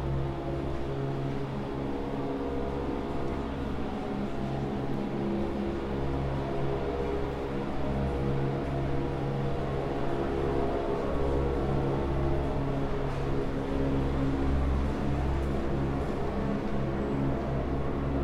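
A jumble of music drifts out of practice rooms in London, with many sustained notes overlapping into a dense, steady wash. A low, throbbing drone runs underneath the whole time, and the overall level stays even with no clear pauses.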